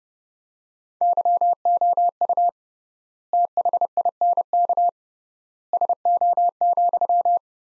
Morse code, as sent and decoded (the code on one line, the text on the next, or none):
-.-- --- ..- / - .... .. -. -.- / ... --- --..--
YOU THINK SO,